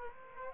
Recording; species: mosquito wingbeat signal from an infrared sensor; Aedes aegypti